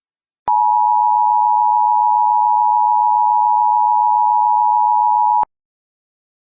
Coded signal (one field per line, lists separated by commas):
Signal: Emergency Alert System (SAME) tones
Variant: 853 and 960 Hz attention tone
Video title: EAS Scenario: Fused